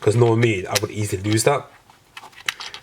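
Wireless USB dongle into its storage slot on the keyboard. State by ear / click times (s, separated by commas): seated / 2.5 s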